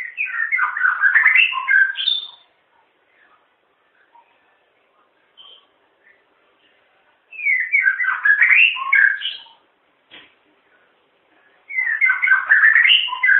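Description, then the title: White-rumped shama singing dense bursts of tumbling warbled and chattering notes, each lasting about two to three seconds, separated by quiet gaps with a few soft notes. Wild bird in forest. "Kicau Asli Murai Batu Hutan"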